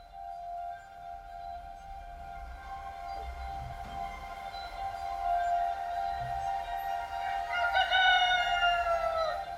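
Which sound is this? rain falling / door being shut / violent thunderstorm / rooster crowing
rooster crowing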